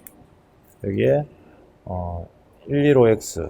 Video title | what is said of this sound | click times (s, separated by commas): 컴퓨터조립-ABKO SUITMASTER 760S 어트랙션 강화유리 스펙트럼 Duplex 블랙 케이스-자이로스 H202쿨러 조립방법 동영상-1080P | 얘를 저렇게 딱 소리 나게 딱 밀어 넣고요. | 0.1 s